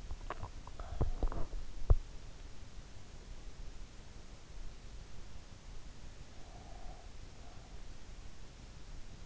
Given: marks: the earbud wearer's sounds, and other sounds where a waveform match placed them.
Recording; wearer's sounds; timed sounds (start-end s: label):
sounds in sleep by an in-ear microphone; swallowing, teeth grinding, breath
0.64-1.45 s: swallowing
1.75-2.66 s: teeth grinding
5.92-7.83 s: breath